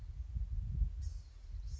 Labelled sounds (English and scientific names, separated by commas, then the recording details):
Blue-gray Gnatcatcher (Polioptila caerulea)
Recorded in Sonoma County, California